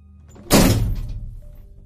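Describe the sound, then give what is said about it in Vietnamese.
A person bangs their head once against a door frame at night, a single heavy, dull thud that booms briefly and then fades away slowly, with no voices. “dùng đầu của mình mà đập vào thành cửa.”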